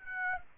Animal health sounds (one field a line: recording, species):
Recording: mosquito wingbeat signal from an infrared sensor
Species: Aedes aegypti